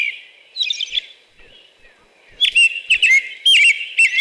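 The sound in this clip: American robin song, opening with a high, squeaky, hissing phrase, then a quiet gap before a rapid series of loud slurred whistled phrases.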